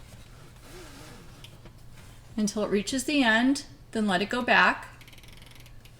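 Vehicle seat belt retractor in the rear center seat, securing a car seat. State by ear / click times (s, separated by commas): seated / 5.0 s, 5.1 s, 5.4 s, 5.8 s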